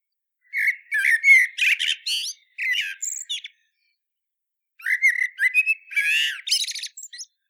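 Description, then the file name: Eurasian blackbird song: two phrases of mellow fluted warbling, each breaking into thin high twitters, separated by a pause of just over a second. "Turdus merula"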